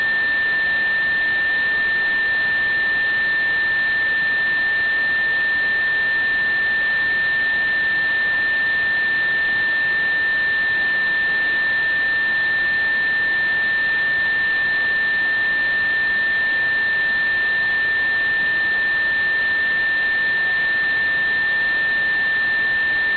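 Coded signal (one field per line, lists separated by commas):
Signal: JT65, JT9 or WSPR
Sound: a steady, pure-sounding tone near 1.8 kHz held for the whole clip over hiss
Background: radio static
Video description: Currently VK4ADC's transmissions consist of one WSPR cycle, an odd and even FT8 ID and a CW ID sequentially. My receiver was slightly off frequency during this recording so I was unable to decode the WSPR.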